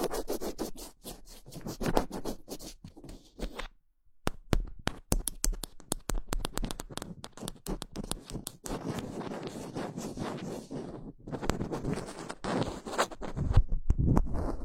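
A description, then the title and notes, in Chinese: Fingers scratch directly on a microphone, making dense, rough scraping bursts with crisp clicks and taps spread across the whole range. Near 4 seconds there is a brief silence broken by sharp isolated ticks, then the scratching returns in busy, irregular strokes, with a few louder knocks near the end. 手指抓挠话筒。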